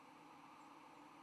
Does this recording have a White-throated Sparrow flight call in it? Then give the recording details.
no. Another species' flight call is heard. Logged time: 07:48 on 10 November 2014